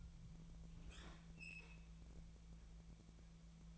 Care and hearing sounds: daily activity, microphone in the room; open fridge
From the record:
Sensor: 1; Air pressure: 1000.1 hPa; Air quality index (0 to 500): 133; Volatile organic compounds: 2 ppm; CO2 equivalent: 1260 ppm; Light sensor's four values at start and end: 36/92/39/47 and 36/92/38/47

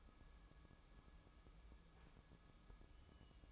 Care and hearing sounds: daily activity, microphone in the room; take from stove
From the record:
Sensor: 1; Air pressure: 1008.0 hPa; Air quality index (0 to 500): 131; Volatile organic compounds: 2 ppm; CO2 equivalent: 1101 ppm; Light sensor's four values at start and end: 8/19/7/8 and 8/19/7/8

